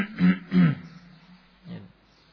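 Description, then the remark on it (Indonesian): A person clears their throat: two quick, gruff, low-pitched bursts back to back, then a softer third one after a short pause, with no talking around them. “Nah, kemudian berdehem ya. Berdehem.”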